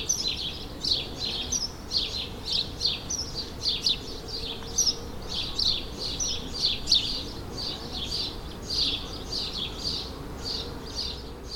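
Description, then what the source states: Sparrow chatter: many quick high chirps run together in a lively, unbroken stream over a soft, steady background noise. Suburban ambient recording, May 2022, several sparrows.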